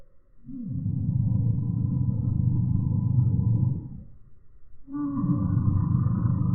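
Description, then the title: Eurasian bullfinch threat call, a deep, harsh, rumbling roar lasting about three and a half seconds, then a second roar begins after a short pause. Male threatening at a feeding station while perched on the recordist's hand held out a window; other birds wait until bullfinches leave; smartphone, 8x slow motion. "Gimpel channelt seinen inneren Tyrannosaurus Rex (8-fache Zeitlupe)"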